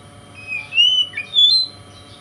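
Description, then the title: Oriental magpie-robin producing a few clear, sustained whistles, one gently arching and one higher, with short quiet gaps. "Kacer Konslet Bikin Kacer Lain"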